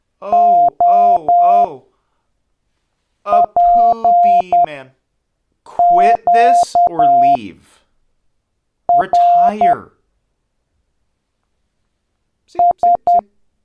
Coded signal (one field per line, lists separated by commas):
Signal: Morse code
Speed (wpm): 10 wpm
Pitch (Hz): 700 Hz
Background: speech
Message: OPQRS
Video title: Learning Morse Code Alphabet from A-Z with Sketch Comedy